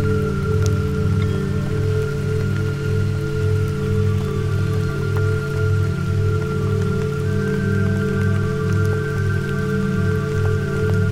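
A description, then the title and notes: Steady soft rain patters over sustained low humming tones that throb in a regular pulse, with a clear ringing higher tone held throughout. Crystal Singing Bowl Healing Sound Bath - 432 Hz , Beta Waves 13 Hz and Rain Sound.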